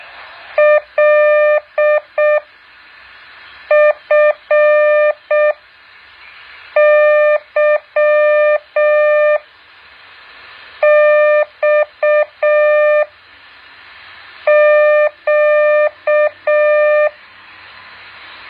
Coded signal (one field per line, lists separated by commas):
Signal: Morse code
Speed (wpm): 6 wpm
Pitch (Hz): 600 Hz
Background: none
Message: LFYXQ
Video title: แบบฝึกหัด Morse code 7.1